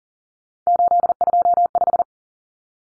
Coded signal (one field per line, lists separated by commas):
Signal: Morse code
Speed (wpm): 40 wpm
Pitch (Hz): 700 Hz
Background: none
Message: 825